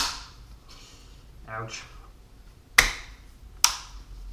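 A captured handguard retention pin is pushed from the left side to the right side of a Desert Tech MDR rifle receiver while someone talks briefly. Two sharp, loud snaps ring out at 2.8 s and 3.6 s as the pin snaps into position. The pin sits flush on each side, fully seated.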